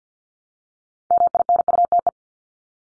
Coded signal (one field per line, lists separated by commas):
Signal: Morse code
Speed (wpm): 50 wpm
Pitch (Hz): 700 Hz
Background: none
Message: MINUTE